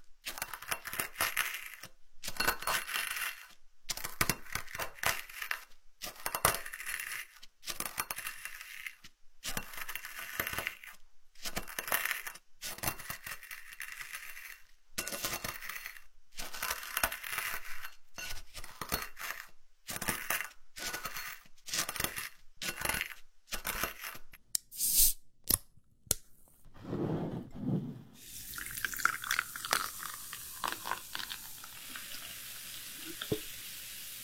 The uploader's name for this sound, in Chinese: 研、磨、捶、捣、煎、蒸、炸，药材处理工序